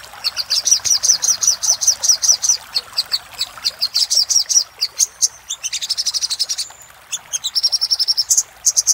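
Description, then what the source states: Little spiderhunter song of fast, high, clipped notes in long bursts, with a short buzzy slur and a brief gap before the rapid series continues. Master recording used to train cage birds; labelled Labaik.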